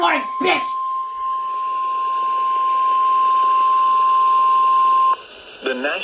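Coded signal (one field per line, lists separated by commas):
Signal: Emergency Alert System (SAME) tones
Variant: 1050 Hz attention tone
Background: speech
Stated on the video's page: EAS alerts from LWX, mostly captured from Hagerstown and Baltimore, Maryland.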